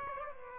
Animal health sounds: mosquito wingbeat signal from an infrared sensor; Aedes aegypti

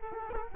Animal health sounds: mosquito wingbeat signal from an infrared sensor; Culex quinquefasciatus

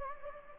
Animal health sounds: mosquito wingbeat signal from an infrared sensor; Anopheles gambiae

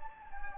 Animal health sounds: mosquito wingbeat signal from an infrared sensor; Anopheles gambiae

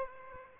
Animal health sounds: mosquito wingbeat signal from an infrared sensor; Aedes aegypti

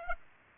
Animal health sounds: mosquito wingbeat signal from an infrared sensor; Aedes aegypti

